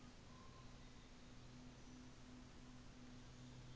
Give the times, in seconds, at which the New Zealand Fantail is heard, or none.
none